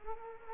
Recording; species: mosquito wingbeat signal from an infrared sensor; Culex quinquefasciatus